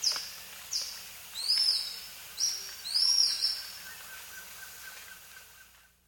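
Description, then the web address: Double-toothed kite giving high, thin whistled calls, several arching notes in a short series, over faint background hiss. Recorded in South America. "Natures Songs S America Double-Toothed Kite"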